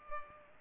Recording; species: mosquito wingbeat signal from an infrared sensor; Culex pipiens